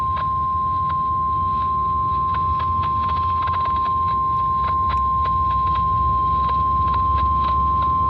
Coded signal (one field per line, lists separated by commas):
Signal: Emergency Alert System (SAME) tones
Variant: 1050 Hz attention tone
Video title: EAS - Severe Thunderstorm Watch 530